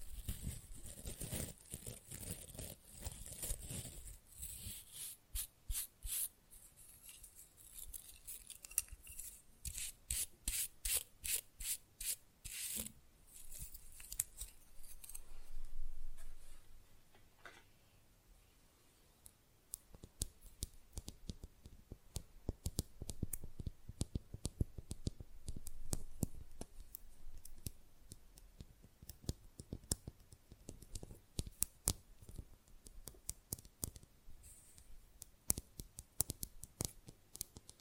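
Fast, rough nail filing scrapes along in dense, rapid strokes, bright and gritty, with a hiss that is strongest in the first few seconds. Sharp taps and clicks break in throughout, sometimes in quick bursts, and a brief quieter gap comes near the twenty-second mark.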